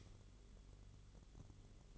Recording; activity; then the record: daily activity, microphone in the room; light off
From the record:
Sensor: 4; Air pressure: 1008.7 hPa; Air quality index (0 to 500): 92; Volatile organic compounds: 1 ppm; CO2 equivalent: 696 ppm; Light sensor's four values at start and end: 13/30/12/12 and 13/30/12/12